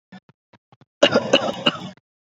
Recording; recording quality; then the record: shallow voluntary cough; moderate, slight background noise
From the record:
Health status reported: COVID-19 positive, mild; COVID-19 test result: positive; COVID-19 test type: RT-PCR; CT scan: not taken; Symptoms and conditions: cold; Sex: male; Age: 27 years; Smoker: no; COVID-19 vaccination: both doses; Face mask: not worn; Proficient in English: yes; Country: India